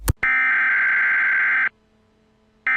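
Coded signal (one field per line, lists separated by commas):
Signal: Emergency Alert System (SAME) tones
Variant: header bursts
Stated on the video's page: Fictional scenario alerts about nuclear power plant explosions near Valdez and Cordova, Alaska.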